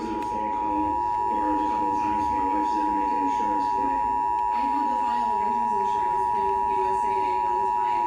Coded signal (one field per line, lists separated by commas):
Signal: Emergency Alert System (SAME) tones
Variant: 853 and 960 Hz attention tone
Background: speech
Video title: EAS #160 National Periodic Test